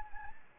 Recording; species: mosquito wingbeat signal from an infrared sensor; Anopheles gambiae